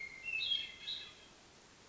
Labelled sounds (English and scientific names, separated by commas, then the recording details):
Hermit Thrush (Catharus guttatus)
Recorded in Sonoma County, California